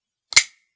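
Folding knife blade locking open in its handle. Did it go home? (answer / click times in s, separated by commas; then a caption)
yes / 0.4 s. A custom folding knife with a steel blade is flipped open, its blade breaking out of the detent and swinging out until the lock snaps into place. A faint first click is followed by a sharp, bright crack at 0.4 s that rings briefly and fades, leaving the blade locked open.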